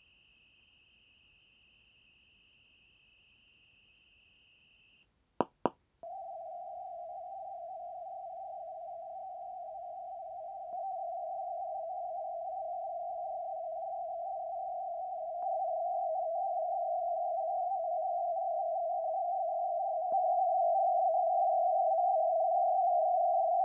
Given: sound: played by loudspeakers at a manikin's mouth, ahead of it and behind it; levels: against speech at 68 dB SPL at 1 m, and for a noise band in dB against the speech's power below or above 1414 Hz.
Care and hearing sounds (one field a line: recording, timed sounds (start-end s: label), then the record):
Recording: test signals for a remote microphone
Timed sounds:
0.00-5.03 s: noise band at 2828 Hz, as loud as that band is in speech
5.41 s: click
5.66 s: click
6.03-10.73 s: noise band at 707 Hz, -10 dB
10.73-15.43 s: noise band at 707 Hz, -5 dB
15.43-20.12 s: noise band at 707 Hz, 0 dB
20.12-23.65 s: noise band at 707 Hz, +5 dB
From the record:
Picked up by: measurement microphone